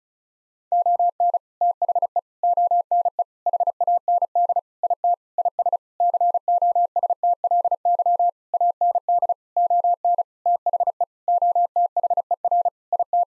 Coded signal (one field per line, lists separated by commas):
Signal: Morse code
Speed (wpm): 36 wpm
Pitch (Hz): 700 Hz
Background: none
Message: ON THE ONE HAND IT IS COSTLY AND ON THE OTHER IT